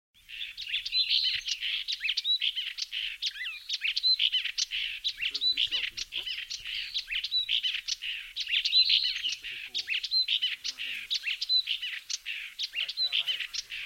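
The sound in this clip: Bird chattering in a dense, continuous stream of high chirps, squeaky whistles and buzzy notes, with barely any pause throughout.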